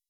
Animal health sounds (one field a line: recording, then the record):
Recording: hydrophone in a shrimp aquaculture tank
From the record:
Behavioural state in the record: weakened